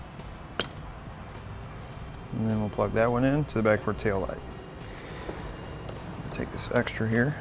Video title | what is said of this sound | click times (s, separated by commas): Mount: T-One Vehicle Wiring Harness with 4-Pole Flat Trailer Connector on a 2013 Nissan Quest | Again, we're going to match our plugs, push them in until you hear them click. | 0.6 s